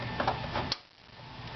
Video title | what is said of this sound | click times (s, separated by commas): Replace an ATA optical drive in a HP/Compaq dx5150 | until it clicks | 0.7 s